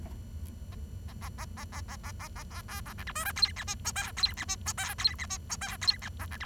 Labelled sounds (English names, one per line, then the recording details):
Bengalese Finch song
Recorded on 23 June 2012 at 10:47
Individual gr41rd51